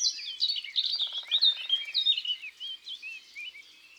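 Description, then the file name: Eurasian nuthatch song: a run of rising whistled notes, with other birds chirping and a short low buzzing rattle. Song; woods and forests. "Sitelle torchepot Chants doiseaux des bois et des forets"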